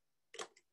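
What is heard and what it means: A metal jump ring on a stamped necklace charm is closed with chain nose pliers by twisting its two sides back together until the ends meet. A sharp metallic click at 0.3 s marks the ends lining up and seating closed. A brighter burst follows and a faint tick comes at about 0.6 s, with no talk.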